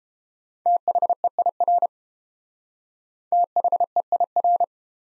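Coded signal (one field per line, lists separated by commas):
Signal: Morse code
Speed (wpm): 31 wpm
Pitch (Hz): 700 Hz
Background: none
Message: THEIR THEIR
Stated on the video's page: Morse practice of the top 100 words, starting fast and slowing to a 22 wpm base; top speed 1.5 times base, final repeat sent at maximum speed.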